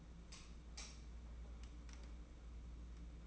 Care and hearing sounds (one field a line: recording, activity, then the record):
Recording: daily activity, microphone in the room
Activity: light on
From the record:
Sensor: 1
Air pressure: 991.9 hPa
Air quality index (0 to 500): 208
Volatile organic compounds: 1000 ppm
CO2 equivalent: 8053 ppm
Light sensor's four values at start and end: 9/21/9/9 and 19/59/24/24